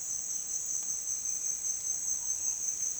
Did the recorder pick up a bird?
no